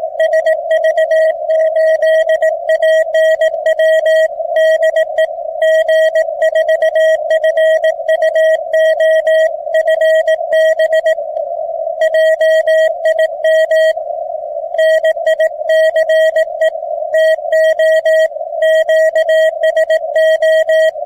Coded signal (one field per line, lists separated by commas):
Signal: Morse code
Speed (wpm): 19 wpm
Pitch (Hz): 640 Hz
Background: radio noise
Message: SV8ANW DE G4FUO FB JIM NICE TO QSO